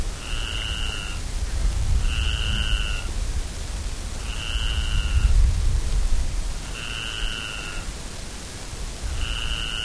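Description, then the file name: Ocellated crake calls: steady, even notes, each under a second long, repeated about every two seconds over a heavy low rumble. "Micropygiaschomburgkii"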